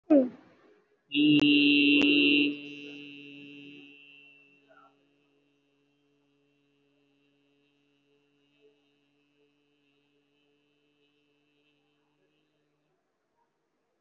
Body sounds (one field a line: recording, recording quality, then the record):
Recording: sustained vowel as in beet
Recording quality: excellent, no background noise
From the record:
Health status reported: COVID-19 positive, no symptoms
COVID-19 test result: positive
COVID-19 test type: RT-PCR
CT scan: not taken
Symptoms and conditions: breathing difficulty, diabetes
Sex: male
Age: 58 years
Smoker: no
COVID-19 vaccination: both doses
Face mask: worn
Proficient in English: yes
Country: India